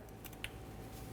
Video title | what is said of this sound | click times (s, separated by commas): How to Replace Crankshaft Position Sensor 2006-2012 Ford Fusion 3.0L V6 | Oh, I got a nice click from that. | 0.4 s